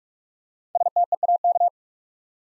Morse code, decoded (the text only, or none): STEAK